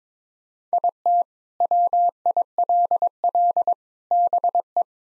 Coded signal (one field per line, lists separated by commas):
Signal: Morse code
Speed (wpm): 22 wpm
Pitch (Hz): 700 Hz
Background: none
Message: IT WILL BE